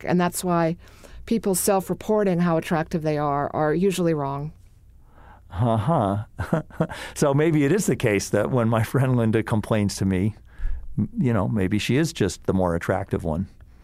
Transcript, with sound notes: and that’s why people self-reporting how attractive they are are usually wrong.
Uh-huh. [LAUGHS] So maybe it is the case that when my friend Linda complains to me, you know, maybe she is just the more attractive one.